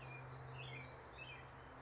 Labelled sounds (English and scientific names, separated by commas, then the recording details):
California Towhee (Melozone crissalis)
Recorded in Sonoma County, California